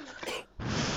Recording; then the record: coughing mixed with background sound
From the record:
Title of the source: 61 morning phlegmy cough...again